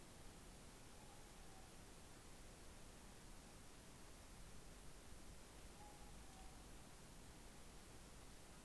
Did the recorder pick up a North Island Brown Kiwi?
no